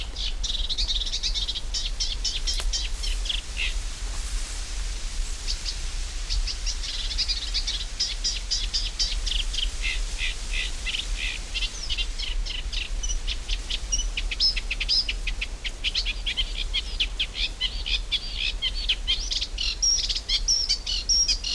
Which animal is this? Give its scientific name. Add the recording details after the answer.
Acrocephalus scirpaceus. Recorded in the wild. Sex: male. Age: adult. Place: Mühlenbecker Land, Naturpark Barnim, Brandenburg, DE. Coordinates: 52.6903, 13.3958. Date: 1991-07-28 11:42. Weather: sunny, 21 - 24°C, wind speed 3-4. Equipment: Marantz, Sennheiser ME 80, Kopie Tesla B 116. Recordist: Tembrock, Günter